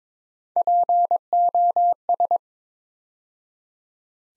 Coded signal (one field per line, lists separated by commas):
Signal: Morse code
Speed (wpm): 23 wpm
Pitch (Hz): 700 Hz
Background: none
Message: POS